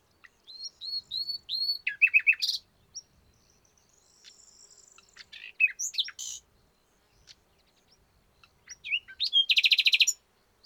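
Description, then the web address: Common nightingale singing a row of whistled notes, then rapid rattling notes and a long thin whistle, closing with a loud pulsed buzzy rattle. "SETE Luscinia megarhynchos"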